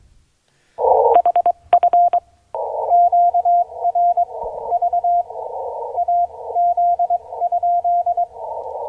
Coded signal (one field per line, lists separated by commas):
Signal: Morse code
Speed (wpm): 23 wpm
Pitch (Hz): 700 Hz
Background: none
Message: HF QRV AZ?